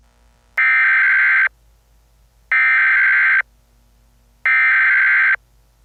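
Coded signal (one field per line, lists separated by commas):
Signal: Emergency Alert System (SAME) tones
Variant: header bursts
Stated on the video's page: A fictional EAS scenario alert, not a real one.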